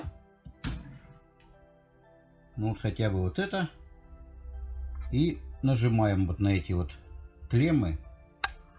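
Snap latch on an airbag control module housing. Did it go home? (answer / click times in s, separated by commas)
released / 8.4 s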